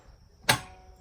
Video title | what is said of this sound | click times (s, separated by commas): How to Install the Lowrance Ghost Trolling Motor (the average joe guide) | you hear that click, which means it's locked. Now it's not coming up again. | 0.5 s